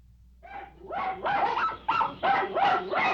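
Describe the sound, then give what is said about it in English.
Small dogs bark in a rapid, overlapping chorus of high, yappy barks that start after a brief quiet moment and keep going steadily, fairly loud, with no talking. “Those dogs are small, too.”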